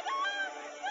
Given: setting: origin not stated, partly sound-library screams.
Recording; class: one-second piece from a danger detection set; woman in danger